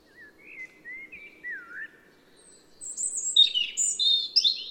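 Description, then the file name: European robin song beginning with soft, lower drawn-out whistles, then breaking into a bright, rapid, high-pitched warble. "Erithacus rubecula"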